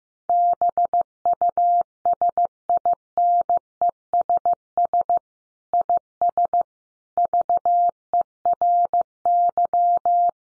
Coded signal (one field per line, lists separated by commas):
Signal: Morse code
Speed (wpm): 15 wpm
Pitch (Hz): 700 Hz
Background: none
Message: BUSINESS IS VERY